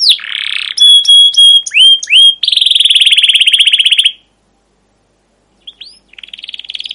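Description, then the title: Canary song: a rasping burst, short repeated whistles, a long rolling trill, then a pause before another trill begins. Captive canary long continuous chirping song used as a lure and model for teaching young canaries to sing. "CUIT CUIT NGEROL LANGSUNG GACOR PANJANG Kenari Ini AMPUH Utk Pancingan KENAR. PANCINGAN Kenari GACOR PANJANG Cuit CUIT EMOSI ini AMPUH utk MASTERAN Kenari PAUD belajar BUNYI"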